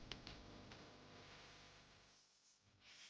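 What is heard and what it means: The head of a YF-29 Durandal Valkyrie (Maximilian Jenius use) plastic/die-cast transforming robot toy is rotated up and pressed firmly into the chest cavity, giving a sharp click at 0.1 s, followed by fainter ticks at 0.3 s and 0.7 s and a quiet handling tail. The head seats and locks in, held by a clip.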